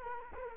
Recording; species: mosquito wingbeat signal from an infrared sensor; Culex quinquefasciatus